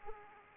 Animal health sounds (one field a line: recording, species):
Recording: mosquito wingbeat signal from an infrared sensor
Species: Aedes aegypti